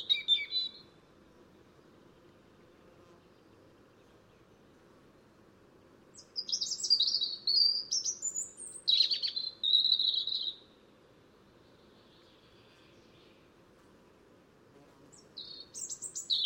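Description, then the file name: European robin song: high, sparkling warbled phrases with long silent gaps between them, over a steady soft hiss. "Erithacus rubecula"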